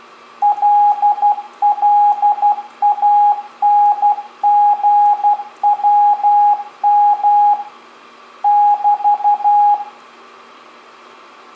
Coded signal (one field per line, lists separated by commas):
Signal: Morse code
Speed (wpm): 12 wpm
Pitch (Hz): 830 Hz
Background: radio noise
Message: LLANGWM <BT>